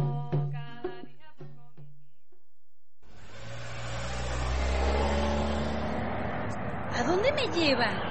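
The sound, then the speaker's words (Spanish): A voice speaks briefly, then a taxi engine roars to life, its low rumble swelling as it revs harder, with rising whining tones cutting through near the end. “¡Pare su taxi! ¡Pare el carro, le digo!”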